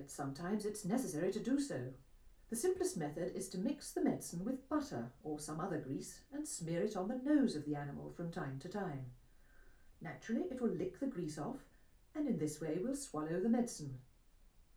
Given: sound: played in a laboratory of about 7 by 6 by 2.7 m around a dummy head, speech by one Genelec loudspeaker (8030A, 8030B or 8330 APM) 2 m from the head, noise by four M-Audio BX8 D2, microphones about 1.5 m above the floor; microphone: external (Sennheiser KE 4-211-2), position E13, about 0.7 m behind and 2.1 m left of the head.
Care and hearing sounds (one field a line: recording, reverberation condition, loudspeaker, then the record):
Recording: female speech in English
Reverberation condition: low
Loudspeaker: 30 degrees to the left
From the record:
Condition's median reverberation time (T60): about 310 ms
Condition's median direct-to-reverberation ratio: about 3.5 dB